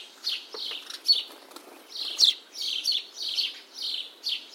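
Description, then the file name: House sparrow giving loud, harsh chirps in a rapid, uneven series, with some fainter chirps mixed in. "Passer domesticus"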